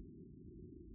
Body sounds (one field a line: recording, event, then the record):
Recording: neck accelerometer signal played as sound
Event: no cough (speech, laughter, throat clearing or background)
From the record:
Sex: male